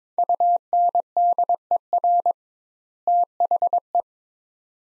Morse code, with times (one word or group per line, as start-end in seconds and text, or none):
0.2-2.3 UNDER
3.1-4.0 THE